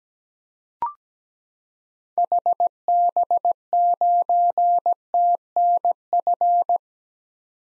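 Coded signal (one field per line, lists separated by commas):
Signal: Morse code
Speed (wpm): 17 wpm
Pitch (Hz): 700 Hz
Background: none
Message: HB9TNF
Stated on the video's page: Morse code drill at 17 wpm of common SOTA activator call signs for head-copy practice, each sent, spoken, then sent again.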